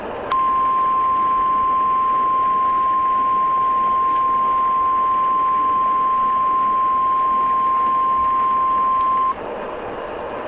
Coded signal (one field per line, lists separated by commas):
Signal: Emergency Alert System (SAME) tones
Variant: 1050 Hz attention tone